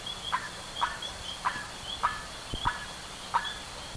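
Bird calls: six short, harsh, buzzy notes repeated roughly every half second over a steady high-pitched hum.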